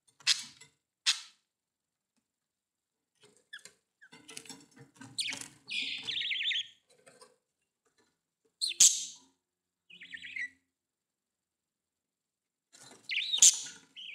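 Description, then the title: Budgerigar chirps: sparse sharp chirps and short warbled phrases separated by pauses. "Budgie Sounds"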